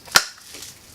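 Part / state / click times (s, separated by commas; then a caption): magnetic closure flap on a cosplay sword holster / seated / 0.2 s. A foam flap on the sword holster of a White Power Ranger cosplay suit snaps shut onto big magnets. It makes a single loud, sharp snap at 0.2 s, followed by faint low background noise. The flap closes and seats.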